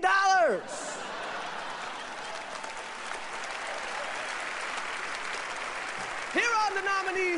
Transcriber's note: applause